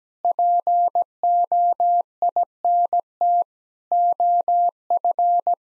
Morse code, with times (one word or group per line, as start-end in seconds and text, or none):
0.2-3.4 POINT
3.9-5.5 OF